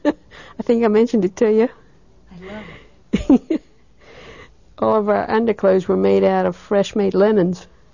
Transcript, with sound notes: I think I mentioned it to you. ( she laughs ) All of our underclothes were made out of fresh-made linens